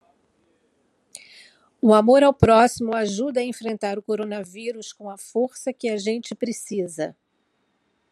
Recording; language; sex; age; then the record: spoken sentence; Brazilian Portuguese; female; 60 to 69 years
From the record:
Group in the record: control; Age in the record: 60 years